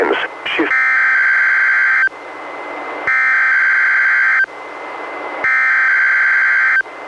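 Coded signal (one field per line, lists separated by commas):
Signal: Emergency Alert System (SAME) tones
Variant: header bursts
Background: speech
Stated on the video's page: Required Weekly Test tones from NWS Portland relayed by NOAA Weather Radio station in Astoria, received on a Reecom R-1630 weather radio and recorded via Zoom H1.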